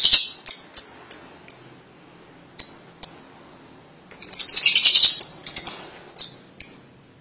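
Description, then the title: Lovebird producing shrill chirps, a scratchy chattering burst in the middle, then more single high squeaks. "BM Suara Burung Lovebird"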